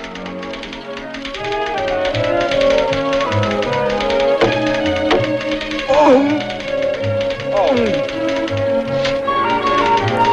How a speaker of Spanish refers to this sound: Bueno, pues ahora que nos hemos puesto un poco nostálgicos escuchando este sonido de la máquina de escribir, quería aprovechar,